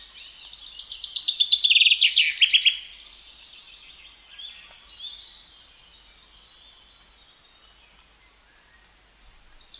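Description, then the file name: Common chaffinch phrase of rapid, tumbling notes falling in pitch. Faint chirps follow, and a new song starts near the end. "Fringilla coelebs"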